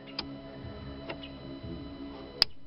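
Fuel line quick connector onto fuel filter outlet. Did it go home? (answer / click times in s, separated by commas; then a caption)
yes / 2.4 s. On a Renault Kangoo during a fuel filter replacement, the plastic quick-connect fuel line is pushed onto the greased fuel filter outlet pipe over a steady low hum, with a few faint ticks early on. A sharp, loud snap at 2.4 s marks the connector clicking into place, and it is seated normally.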